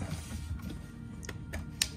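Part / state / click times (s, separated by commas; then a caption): plastic spray arm/pump part into dishwasher mount / seated / 1.8 s. A plastic spray arm/pump part is lined up, pushed up and turned into its mount in a Whirlpool dishwasher that has no spray. After a few faint plastic ticks around 1.3 s and 1.5 s, a sharp click at 1.8 s shows the part locking into place, and it is seated and back on.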